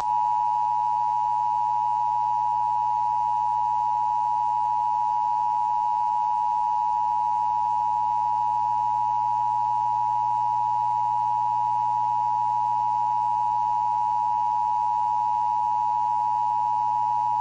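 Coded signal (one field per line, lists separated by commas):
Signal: Emergency Alert System (SAME) tones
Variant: 853 and 960 Hz attention tone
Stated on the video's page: Emergency Broadcast System test aired on WBAL-TV, Baltimore, 1991.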